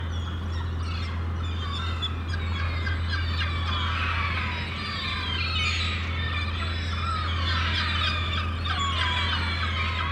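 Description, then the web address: Gulls giving squealing cries, several birds at once in dense bursts, with a constant low droning hum beneath. Many gulls calling in a harbour. "The Sound Pack Tree - Sonic Seaside - Crazy Harbor Seagulls"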